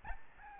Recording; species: mosquito wingbeat signal from an infrared sensor; Aedes albopictus